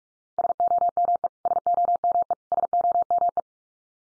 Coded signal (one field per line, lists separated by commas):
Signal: Morse code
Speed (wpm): 44 wpm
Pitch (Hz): 700 Hz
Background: none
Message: SOME SOME SOME